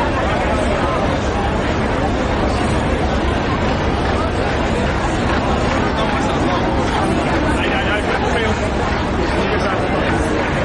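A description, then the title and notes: Street sounds from Times Square in New York City: a dense, steady wash of overlapping voices and crowd chatter with no pauses. The level stays even throughout, with a low rumble underneath and no single sound standing out. Walking The Streets of Times Square In New York City | Cityscape White Noise. Walking sounds straight from Times Square in New York City.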